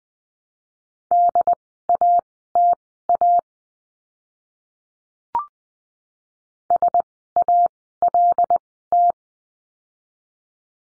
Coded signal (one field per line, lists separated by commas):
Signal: Morse code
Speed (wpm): 20 wpm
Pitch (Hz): 700 Hz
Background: none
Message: DATA SALT